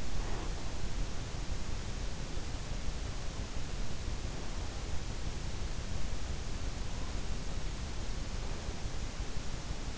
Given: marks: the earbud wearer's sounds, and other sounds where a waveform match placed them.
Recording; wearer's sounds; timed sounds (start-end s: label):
sounds in sleep by an in-ear microphone; breath
0.00-0.97 s: breath